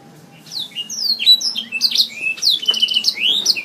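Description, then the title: Oriental magpie-robin song opening after a brief quiet start into clear falling whistles and quick sharp chirps, with a faint low hum beneath. Chirping song, from a recording over an hour long. "Kicau Kacer Durasi Panjang 1jam Lebih"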